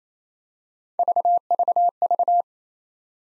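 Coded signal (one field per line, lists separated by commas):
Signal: none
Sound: three separator beeps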